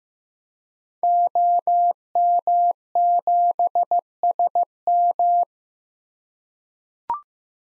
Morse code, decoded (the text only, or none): OM7SM